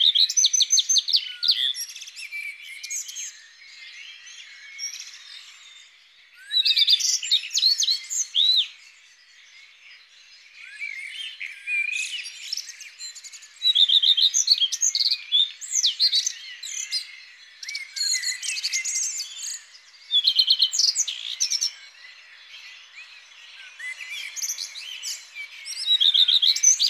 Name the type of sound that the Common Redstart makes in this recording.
song